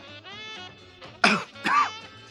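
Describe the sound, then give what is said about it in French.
An engine coughs and sputters twice over a steady, buzzing hum, each harsh burst dying away without the motor catching. No voices are heard. “Ils toussent, mais ne démarrent pas.”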